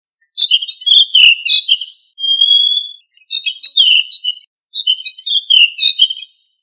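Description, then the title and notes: Bird song in three bursts of rapid, varied sweet chirps and short trills, with a steady level whistle between the first two bursts. Bird songs from Indonesia. "Kicau Burung Indonesia"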